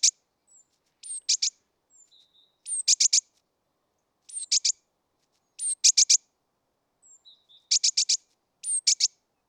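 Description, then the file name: Great tit giving repeated phrases of a thin downslurred note plus a burst of dry clicks, with quiet faint call notes in the gaps. "Parus major"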